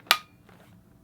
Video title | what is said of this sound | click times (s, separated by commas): 👓DJI Goggles Review🕶 - Watch This Before You Buy DJI Goggles! | hear the click, and you're good to go. | 0.1 s